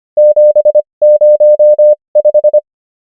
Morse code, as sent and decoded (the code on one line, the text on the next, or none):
--... ----- .....
705